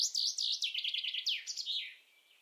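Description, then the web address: Common chaffinch singing a bright, high trill of repeated notes that steps downward, ending in a flourish, then quiet background. "Deverinetal"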